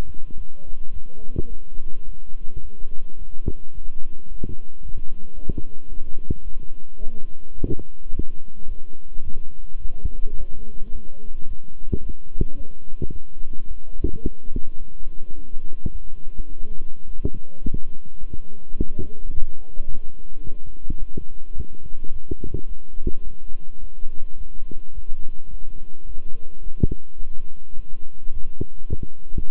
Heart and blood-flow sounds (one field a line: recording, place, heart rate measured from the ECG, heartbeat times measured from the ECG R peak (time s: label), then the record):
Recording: heart sounds by stethoscope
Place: between the tricuspid and mitral areas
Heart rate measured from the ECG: 107 bpm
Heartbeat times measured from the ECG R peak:
0.36 s: heartbeat
0.91 s: heartbeat
1.48 s: heartbeat
2.04 s: heartbeat
2.61 s: heartbeat
3.17 s: heartbeat
3.73 s: heartbeat
4.27 s: heartbeat
4.81 s: heartbeat
5.34 s: heartbeat
5.88 s: heartbeat
6.42 s: heartbeat
6.98 s: heartbeat
7.54 s: heartbeat
8.10 s: heartbeat
8.66 s: heartbeat
9.23 s: heartbeat
9.80 s: heartbeat
10.36 s: heartbeat
10.91 s: heartbeat
11.46 s: heartbeat
12.01 s: heartbeat
12.55 s: heartbeat
13.11 s: heartbeat
13.66 s: heartbeat
14.22 s: heartbeat
14.77 s: heartbeat
15.34 s: heartbeat
15.90 s: heartbeat
16.48 s: heartbeat
17.05 s: heartbeat
17.62 s: heartbeat
18.19 s: heartbeat
18.76 s: heartbeat
19.32 s: heartbeat
19.87 s: heartbeat
20.43 s: heartbeat
20.98 s: heartbeat
21.54 s: heartbeat
22.10 s: heartbeat
22.67 s: heartbeat
23.23 s: heartbeat
23.79 s: heartbeat
24.36 s: heartbeat
24.93 s: heartbeat
25.49 s: heartbeat
26.05 s: heartbeat
26.62 s: heartbeat
27.18 s: heartbeat
27.74 s: heartbeat
28.32 s: heartbeat
28.88 s: heartbeat
29.46 s: heartbeat
From the record:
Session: walking at 3.7 km/h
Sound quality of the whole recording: good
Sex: male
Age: 26 years